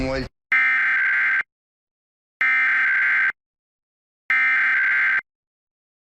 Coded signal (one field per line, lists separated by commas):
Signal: Emergency Alert System (SAME) tones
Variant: header bursts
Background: speech